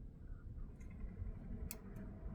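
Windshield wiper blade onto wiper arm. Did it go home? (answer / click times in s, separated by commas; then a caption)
yes / 1.7 s. A second windshield wiper blade on a Volkswagen Passat is pushed down onto the wiper arm, its plastic adapter pressing against the release button. Over a steady low rumble, a sharp click at 1.7 s marks the blade seating onto the arm. A fainter tick follows just after 1.9 s.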